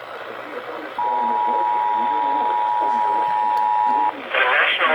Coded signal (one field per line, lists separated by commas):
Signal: Emergency Alert System (SAME) tones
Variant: 853 and 960 Hz attention tone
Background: speech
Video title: EXPECT THE UNEXPECTED...PART 2... EAS Alerts from 8/7/19 (EAS # 3,099 - 3,105)